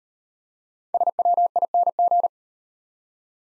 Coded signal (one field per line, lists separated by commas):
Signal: Morse code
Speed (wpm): 38 wpm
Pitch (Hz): 700 Hz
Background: none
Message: SWING